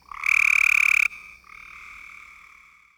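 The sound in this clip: Cope's gray treefrog giving a loud, harsh, rapidly pulsed trill of about a second, then a fainter, longer trill at the same pitch trailing off.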